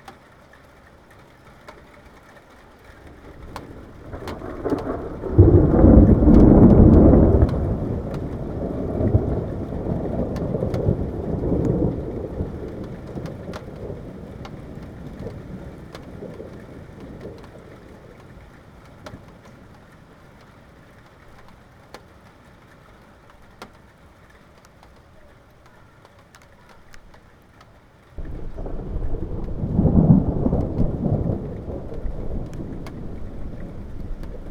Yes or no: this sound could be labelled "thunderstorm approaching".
yes